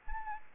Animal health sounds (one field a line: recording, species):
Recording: mosquito wingbeat signal from an infrared sensor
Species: Aedes albopictus